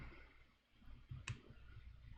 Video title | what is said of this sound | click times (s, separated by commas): Assembling : Noodle Legs, Analogue Roller Throat, and some Suck Choker stuff.... | like you hear that fateful clunk and you know that it's a nut that got pushed out and has now lost somewhere forever inside of your assembly | 1.3 s